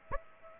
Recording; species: mosquito wingbeat signal from an infrared sensor; Aedes aegypti